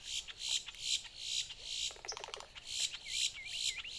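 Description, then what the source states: Boat-tailed grackle uttering rhythmic rough, raspy notes about twice a second, with a burst of dry clicks midway and short whistled upslurs near the end. Recorded 14 April 2018.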